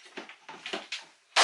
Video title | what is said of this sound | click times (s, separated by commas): Flambeau tuff crate unboxing, assembly, and review! | and it clicks into place there you go click one click had to smack it a little bit | 0.9 s